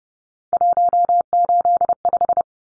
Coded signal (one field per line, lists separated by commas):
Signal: Morse code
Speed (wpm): 30 wpm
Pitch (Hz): 700 Hz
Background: none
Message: 185